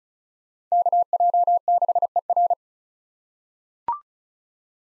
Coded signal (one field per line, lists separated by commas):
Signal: Morse code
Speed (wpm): 34 wpm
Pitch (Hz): 700 Hz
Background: none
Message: KJ6ER